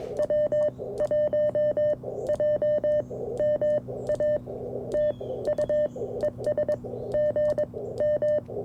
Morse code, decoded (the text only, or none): W1JMA TU ES GM